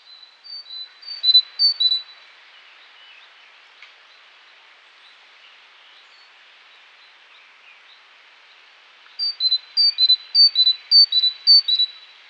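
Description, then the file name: Great tit giving fast see-saw phrases of paired high whistles, a burst at the start, a long quiet pause, then another run of repeated phrases. "Parus major"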